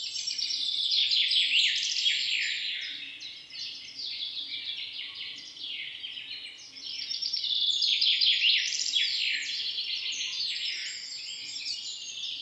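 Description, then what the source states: Birds singing in a dense, overlapping chorus of high chirps and trills, swelling and fading in two long waves. Recorded in the morning.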